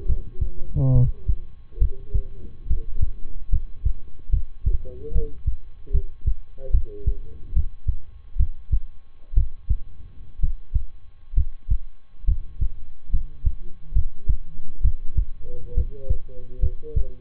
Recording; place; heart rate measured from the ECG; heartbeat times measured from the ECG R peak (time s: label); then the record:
heart sounds by stethoscope; between the tricuspid and mitral areas; 69 bpm
0.05 s: heartbeat
0.91 s: heartbeat
1.78 s: heartbeat
2.66 s: heartbeat
3.49 s: heartbeat
4.29 s: heartbeat
5.11 s: heartbeat
5.90 s: heartbeat
6.70 s: heartbeat
7.52 s: heartbeat
8.36 s: heartbeat
9.33 s: heartbeat
10.39 s: heartbeat
11.33 s: heartbeat
12.24 s: heartbeat
13.09 s: heartbeat
13.92 s: heartbeat
14.81 s: heartbeat
15.73 s: heartbeat
16.59 s: heartbeat
From the record:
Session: rest, lying down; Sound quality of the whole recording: good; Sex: male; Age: 23 years